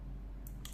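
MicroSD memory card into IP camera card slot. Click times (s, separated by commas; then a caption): 0.7 s. A microSD memory card is pushed into the card slot of a small TP-Link Tapo C200 IP security camera until it latches. A faint tick comes at 0.5 s over a low steady hum, then a sharper click at 0.7 s as the card seats in the slot.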